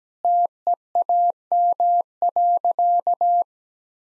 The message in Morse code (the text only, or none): TEAM.